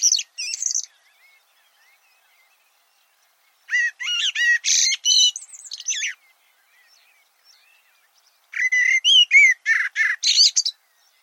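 Bird song in three bursts of quick, varied whistled and chirping notes, mostly high-pitched, with silent gaps of a few seconds between bursts.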